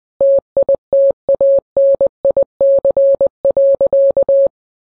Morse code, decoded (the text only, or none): TITANIC.